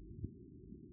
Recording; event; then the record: neck accelerometer signal played as sound; no cough (speech, laughter, throat clearing or background)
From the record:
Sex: female